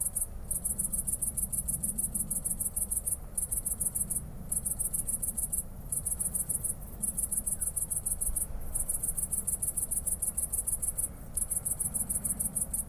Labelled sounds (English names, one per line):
Great Green Bush-cricket stridulation